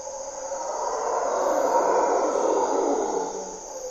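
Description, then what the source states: Mantled howler monkeys roar low and hoarse, building to a peak midway before easing off, with shrill insects droning steadily throughout. Mantled howler monkeys (Monos Congos) waking the jungle at morning twilight in Parque Nacional Corcovado, Osa Peninsula, Costa Rica; distinctive grunts and calls.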